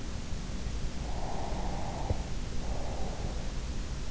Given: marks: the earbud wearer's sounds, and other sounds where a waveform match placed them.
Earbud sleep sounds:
sounds in sleep by an in-ear microphone; breath
0.48-3.86 s: breath

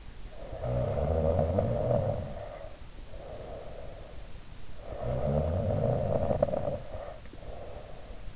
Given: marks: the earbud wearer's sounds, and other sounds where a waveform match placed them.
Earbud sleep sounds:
sounds in sleep by an in-ear microphone; snoring breath
0.19-4.25 s: snoring breath
4.82-8.36 s: snoring breath

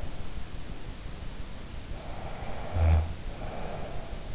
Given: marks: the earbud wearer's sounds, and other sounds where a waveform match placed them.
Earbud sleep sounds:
sounds in sleep by an in-ear microphone; snoring breath
1.93-3.83 s: snoring breath

